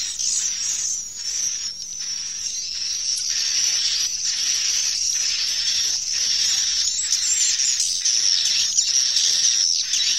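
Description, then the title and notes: Swiftlet calls make a steady, piercing twitter, with frequent louder chirp bursts and a faint low hum. Swiftlet farming, Asia. "Swiflet Bird Sound. Farming Swiflet Bird asia sound"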